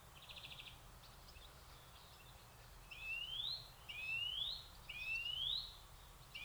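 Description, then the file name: European greenfinch calls: a short buzzy trill, then three drawn-out, nasal wheezes that each rise steadily in pitch, about one per second in the second half. "Chloris chloris"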